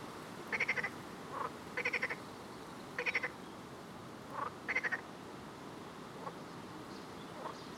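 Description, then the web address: Frog giving four short pulsed rattling croaks, with fainter lower grunts in some of the gaps. "Soundscape Frog 1"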